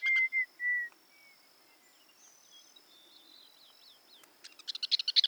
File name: Campo Miner